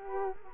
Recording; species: mosquito wingbeat signal from an infrared sensor; Culex quinquefasciatus